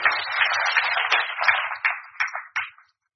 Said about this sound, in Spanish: Denle un aplauso al Señor Jesús, hermano.